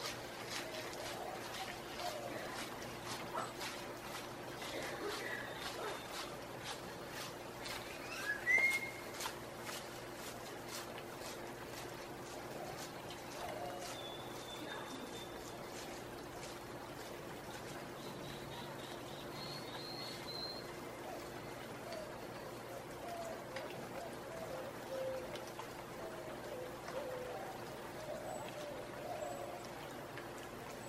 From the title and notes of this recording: Sounds from the Narrowest Main Street in the World. Early morning on the balcony overlooking what’s recognized to be the narrowest main street in the world – the Placencia Sidewalk in Belize.